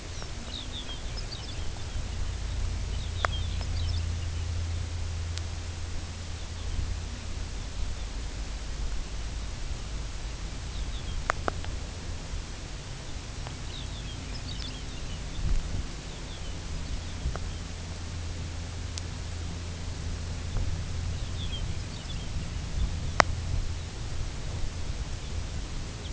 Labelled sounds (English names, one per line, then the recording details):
Lapland Longspur
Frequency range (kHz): Lapland Longspur 2.2-6.6 kHz
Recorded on Arctic tundra, site UTQI-2, on 16 June 2019
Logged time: 00:00